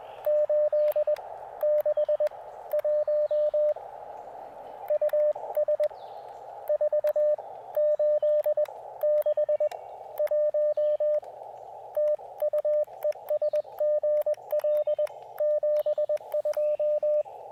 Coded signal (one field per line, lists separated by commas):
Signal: Morse code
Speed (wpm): 20 wpm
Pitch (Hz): 590 Hz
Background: radio noise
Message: 8 6 1 US 4 8 6 1 TU ES GL 72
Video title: Soggy POTA: Even propagation can't dampen my POTA spirit with the Elecraft KX2 and AX1 combo!